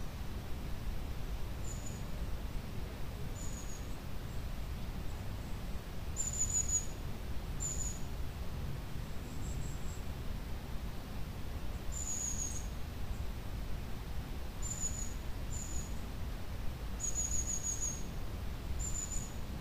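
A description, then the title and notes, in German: Forest ambience with a steady, soft rushing hiss, heaviest in the low end, like leaves and air moving. Short high bird chirps, thin, come every second or two throughout, sometimes in quick pairs, while the loudness stays level. Waldrauschen Grünes und Weißes Rauschen.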